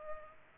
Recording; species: mosquito wingbeat signal from an infrared sensor; Culex pipiens